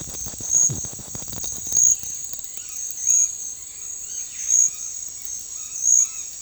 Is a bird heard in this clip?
yes